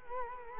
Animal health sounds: mosquito wingbeat signal from an infrared sensor; Culex quinquefasciatus

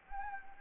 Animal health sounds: mosquito wingbeat signal from an infrared sensor; Anopheles gambiae

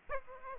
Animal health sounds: mosquito wingbeat signal from an infrared sensor; Aedes aegypti

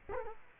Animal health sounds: mosquito wingbeat signal from an infrared sensor; Culex quinquefasciatus

